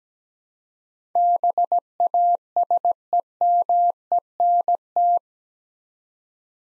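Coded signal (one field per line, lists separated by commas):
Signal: Morse code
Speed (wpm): 17 wpm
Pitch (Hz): 700 Hz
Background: none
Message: BASEMENT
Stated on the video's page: Morse head-copy practice of eight-letter words at 17 wpm, each sent, spoken, then sent again.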